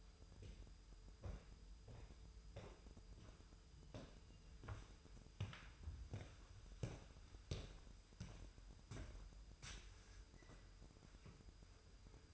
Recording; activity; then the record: daily activity, microphone in the room; walk to room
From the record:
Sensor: 2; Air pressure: 988.1 hPa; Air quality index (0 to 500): 184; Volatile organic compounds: 147 ppm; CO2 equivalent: 4008 ppm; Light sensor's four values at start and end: 21/70/28/26 and 21/70/27/26